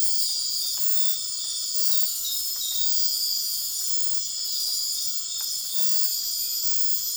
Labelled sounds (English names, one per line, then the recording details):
none
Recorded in dense forest near Puerto Asís, Putumayo, Colombia, on 18 February 2024 at 02:30
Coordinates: 0.502, -76.326
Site G6460